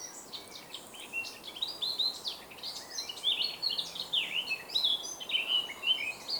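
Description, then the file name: Eurasian blackcap singing a fast, varied warble of twittering and slurred notes in continuous phrases. "Sylvia atricapilla"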